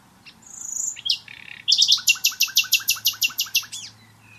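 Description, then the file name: Common nightingale song: a drawn whistle and buzzy note, then a rapid loud series of about a dozen identical sharp notes, ending with a final flourish. "Luscinia megarhynchos"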